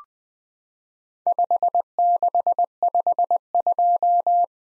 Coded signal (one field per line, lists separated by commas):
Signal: Morse code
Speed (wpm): 20 wpm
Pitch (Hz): 700 Hz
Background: none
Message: 5652